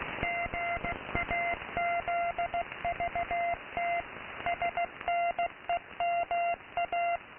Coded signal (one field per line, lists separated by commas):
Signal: Morse code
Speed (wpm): 16 wpm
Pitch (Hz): 690 Hz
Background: none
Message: GAZVT SNEMA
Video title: Unknown r/st on the freq.of 15750 kHz with a greeting in Morse code : WELCOME TO THE GRID OF MORSE.